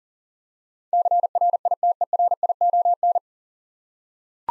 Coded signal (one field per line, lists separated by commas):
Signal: Morse code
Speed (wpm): 40 wpm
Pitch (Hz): 700 Hz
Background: none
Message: CRITERION